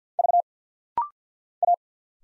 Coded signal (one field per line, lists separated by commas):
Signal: Morse code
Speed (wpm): 50 wpm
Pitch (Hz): 700 Hz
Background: none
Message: V A